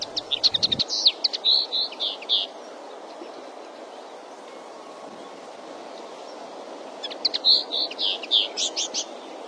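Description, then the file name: Common linnet song: two bursts of quick chirping twitters and buzzy trills, separated by a few seconds of steady background hiss. "Canto do pintarroxo"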